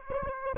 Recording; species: mosquito wingbeat signal from an infrared sensor; Aedes aegypti